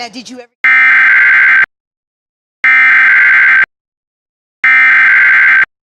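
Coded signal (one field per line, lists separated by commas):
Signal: Emergency Alert System (SAME) tones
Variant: header bursts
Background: speech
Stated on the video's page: Tornado warning on PBS station; the weather service relay audio was very muffled and the alert was cut off at the end.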